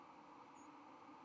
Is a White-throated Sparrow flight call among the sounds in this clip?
no